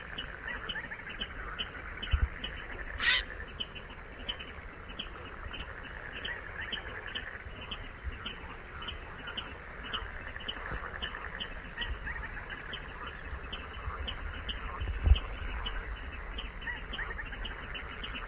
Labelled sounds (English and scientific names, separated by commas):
Little Crake (Porzana parva) call